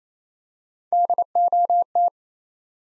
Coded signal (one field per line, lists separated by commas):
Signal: Morse code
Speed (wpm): 28 wpm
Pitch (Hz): 700 Hz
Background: none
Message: DOT